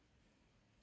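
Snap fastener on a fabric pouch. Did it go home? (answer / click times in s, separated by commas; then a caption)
no / none. A freshly set metal snap fastener on a fabric credit card pouch is pressed to close it, but the snap fails to snap shut and needs another squeeze. Only a low, steady background hum is heard, with a brief faint sound right at the end around 0.8 s. Nothing has seated or clicked yet.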